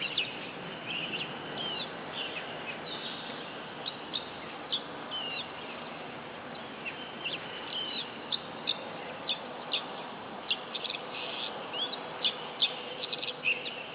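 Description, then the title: Oriental magpie-robin delivering busy, scratchy high chirps and brief whistles in irregular clusters throughout, over a continuous hissing background. Female competition bird, described as a national first-place champion from East Java, singing continuously (gacor), of a black fighting-type variety. "Kacer Juara 1 Nasional gacor kacer juara nasional jawa timur kacer tarung betina poci gacor hitam"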